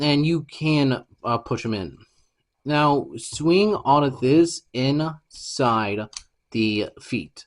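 Someone talks while handling a plastic Transformers Studio Series Dark of the Moon Soundwave action figure mid-transformation, pushing in its soft plastic parts and swinging the folded-in leg section inside the feet. Nothing has seated or clicked into place yet.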